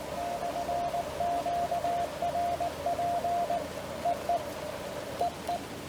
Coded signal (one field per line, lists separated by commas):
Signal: Morse code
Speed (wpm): 18 wpm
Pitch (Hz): 700 Hz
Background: radio noise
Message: /QRP EE EE